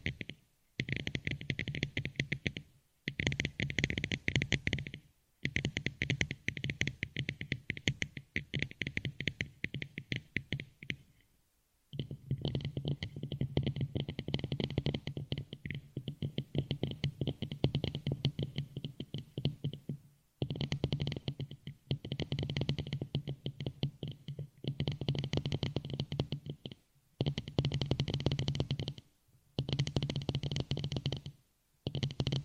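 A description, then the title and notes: Fingernails tap rapidly and steadily on a headphone, forming dense bursts of clicking that last a few seconds each. Short silent gaps break the tapping around 3, 5, 11, 20, 27 and 30 seconds. The clicks have a hollow, low body under a bright, crisp edge. Headphone Nail tapping.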